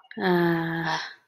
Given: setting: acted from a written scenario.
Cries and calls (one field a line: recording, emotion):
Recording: vocal sound without words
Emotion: contentment